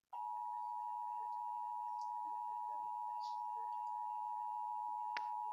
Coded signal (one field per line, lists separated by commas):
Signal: Emergency Alert System (SAME) tones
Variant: 853 and 960 Hz attention tone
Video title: WFAA conducts a Monthly Emergency Alert System Test, March 3, 2020